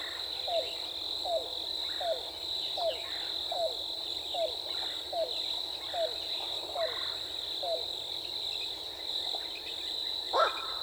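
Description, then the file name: Yellow-billed cuckoo calling a long series of about ten clipped, falling notes spaced under a second apart, against a steady high-pitched insect hum; a brief sharp sound ends it. Recorded 14 April 2018. "2018-04-14 YBCU"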